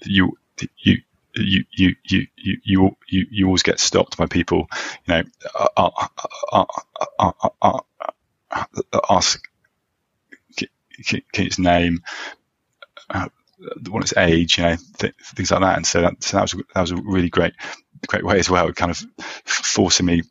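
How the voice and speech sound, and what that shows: An adult male speaker who stammers. His speech is broken by rapid repeated syllables at the start of a phrase and by long silent blocks between words.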